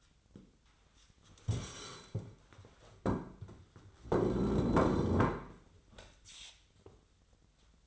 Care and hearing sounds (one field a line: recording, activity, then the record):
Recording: daily activity, microphone in the room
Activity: stand up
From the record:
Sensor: 3